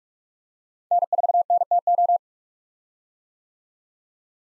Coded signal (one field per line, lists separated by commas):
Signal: Morse code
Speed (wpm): 47 wpm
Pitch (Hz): 700 Hz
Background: none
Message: N4NTO